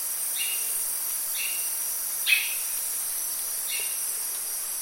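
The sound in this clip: Bird gives a handful of soft short whistled calls, one louder, spaced about a second apart, over a steady high-pitched insect-like hiss.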